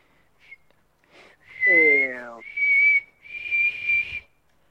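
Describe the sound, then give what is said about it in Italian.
A person whistles a few sustained, shrill high notes in separate bursts as an exercise to loosen the Adam's apple, with a short falling vocal sound mixed into the first long note. The whistling is fairly loud and otherwise alone. “Però ci sta che ci sia bisogno di più scioglievolezza su sto pomo, fischiando.”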